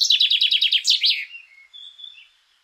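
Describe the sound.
Common chaffinch song ending: a fast descending run of sharp notes closing in a bright flourish, then a few faint thin whistles before silence.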